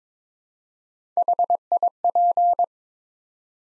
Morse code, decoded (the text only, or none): HIP